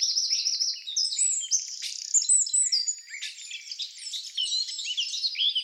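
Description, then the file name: Eurasian wren song, dense high-pitched trills and twittering that run together continuously, with overlapping notes throughout. "Troglodytes troglodytes"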